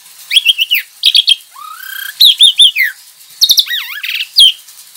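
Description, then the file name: Javan pied starling warbling chatter of quick repeated notes, a long rising whistle and a looping wavy whistle, with short rasping bits between. Lure call (pancingan) of the Javan pied starling, used to attract birds. "suara pancingan jalak suren"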